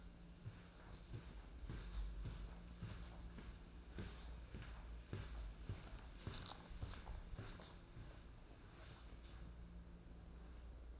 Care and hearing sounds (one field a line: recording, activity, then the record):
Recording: daily activity, microphone in the room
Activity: walk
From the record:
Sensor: 2